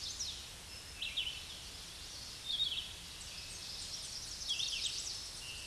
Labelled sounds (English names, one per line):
Red-eyed Vireo song